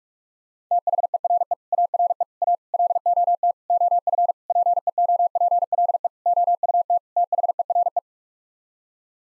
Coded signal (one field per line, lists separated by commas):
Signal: Morse code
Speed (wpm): 41 wpm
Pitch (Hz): 700 Hz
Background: none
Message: THERE ARE A LOT OF PEOPLE OUT THERE